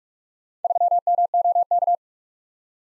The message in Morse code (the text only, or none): 3MOK